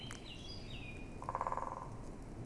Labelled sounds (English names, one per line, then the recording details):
Eurasian Blackcap
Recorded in Germany
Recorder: ecoPi